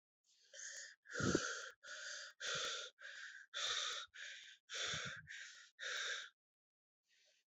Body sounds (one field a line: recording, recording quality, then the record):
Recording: shallow breathing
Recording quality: excellent, no background noise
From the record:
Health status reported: respiratory illness, not identified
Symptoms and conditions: breathing difficulty, asthma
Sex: male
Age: 18 years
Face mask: not worn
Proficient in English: no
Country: India